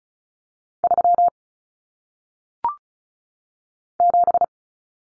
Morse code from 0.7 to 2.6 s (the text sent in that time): 3